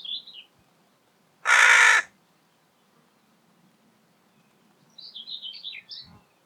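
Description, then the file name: Carrion crow uttering one rasping, broad caw of around half a second, with a small bird's high chirps heard before and after it. "Corvus corone"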